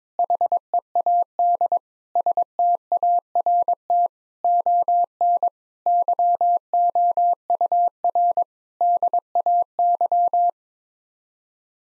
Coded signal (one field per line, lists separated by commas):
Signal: Morse code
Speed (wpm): 22 wpm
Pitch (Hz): 700 Hz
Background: none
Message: HEAD START ON YOUR DAY